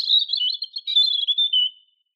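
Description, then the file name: European robin song: a thin, rapid run of high twittering notes wavering and trickling downward, fading out after nearly two seconds. "Erithacus rubecula"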